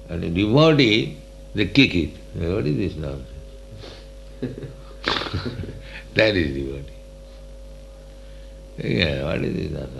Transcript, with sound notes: And a devotee, they kick it, that "What is this nonsense?" [chuckles] That is devotee. "What is this nonsense?